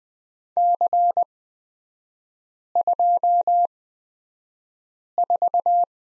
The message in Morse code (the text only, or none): C24